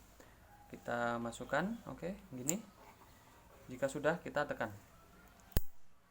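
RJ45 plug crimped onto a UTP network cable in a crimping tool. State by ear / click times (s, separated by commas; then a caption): seated / 5.6 s. An RJ45 plug on a UTP network cable sits in a crimping tool and is squeezed all the way while someone talks. The tool gives a sharp click at 5.6 s, which means the crimp is done.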